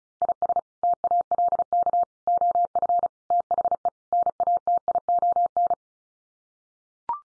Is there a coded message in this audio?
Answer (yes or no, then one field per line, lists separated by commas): yes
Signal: Morse code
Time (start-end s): 0.2-5.7 s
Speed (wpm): 34 wpm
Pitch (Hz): 700 Hz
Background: none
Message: IS TALK OF THE NATION